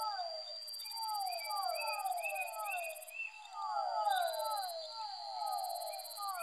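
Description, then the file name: Fischer's dwarf frogs calling in a layered chorus of quick falling notes, rising and easing in bursts, over a constant high whine. Soundscape composition with amphibian vocalizations. "soundscape with amphibian vocalizations of physalaemus fischeri"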